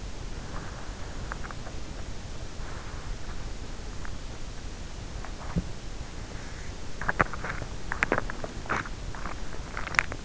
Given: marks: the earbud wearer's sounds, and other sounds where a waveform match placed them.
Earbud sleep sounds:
sounds in sleep by an in-ear microphone; teeth grinding, body movement
0.00-2.09 s: teeth grinding
1.04-5.85 s: body movement
5.22-10.25 s: teeth grinding

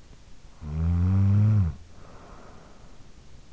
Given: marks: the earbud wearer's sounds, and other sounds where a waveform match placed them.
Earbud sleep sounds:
sounds in sleep by an in-ear microphone; snoring breath
0.13-3.47 s: snoring breath

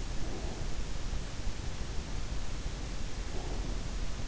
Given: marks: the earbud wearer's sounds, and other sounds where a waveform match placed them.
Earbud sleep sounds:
sounds in sleep by an in-ear microphone; breath
0.02-0.99 s: breath
3.31-4.28 s: breath

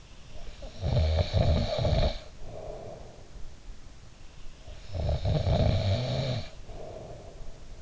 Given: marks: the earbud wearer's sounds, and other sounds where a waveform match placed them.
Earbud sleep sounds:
sounds in sleep by an in-ear microphone; snoring breath
0.29-3.33 s: snoring breath
4.64-7.82 s: snoring breath

